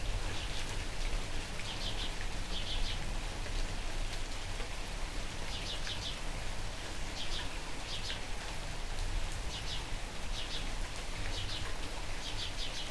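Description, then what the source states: Birds chirping in short paired or tripled high bursts, repeated every second or two, against steady falling rain. Birds calling during rain.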